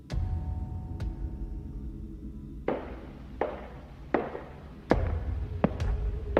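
Footsteps sound effect, played on the director's cue during a livestreamed story reading: about six firm, thudding steps at a steady walking pace over a low rumbling background, preceded by a couple of faint clicks. No one speaks.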